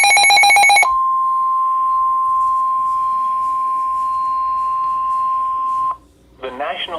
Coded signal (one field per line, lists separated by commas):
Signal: Emergency Alert System (SAME) tones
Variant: 1050 Hz attention tone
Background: speech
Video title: Severe Thunderstorm Warning (EAS #56)